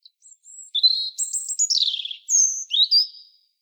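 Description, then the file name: European robin singing a varied, high-pitched phrase: clear whistles, a descending jangling run, then two thin notes, all on a silent background. "Erithacus rubecula"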